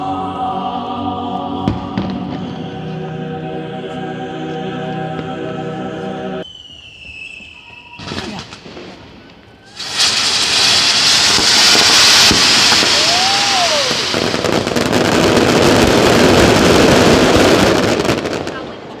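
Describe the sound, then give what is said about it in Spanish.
A large palm-shaped aerial fireworks burst, the Palmera de la Virgen in Elche, Spain, erupts into a loud, dense roar of crackling that sustains for several seconds, with a brief rising whistle, after a quieter opening of steady tonal sound and voices. “Aún se eriza la piel solo oyendo este sonido de la palmera de la Virgen.”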